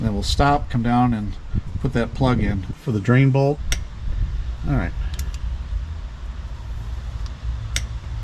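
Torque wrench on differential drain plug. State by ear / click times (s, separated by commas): torque reached / 7.8 s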